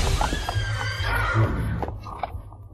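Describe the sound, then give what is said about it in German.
A spooked horse named King, made to shy by Mr. Jensen, lets out a long, high, wavering whinny that slides downward in pitch, heard over a steady low rumble with a few scattered knocks. “Warum hat Jensen dein Pferd scheu gemacht?”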